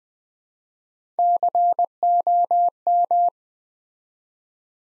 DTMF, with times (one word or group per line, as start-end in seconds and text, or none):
none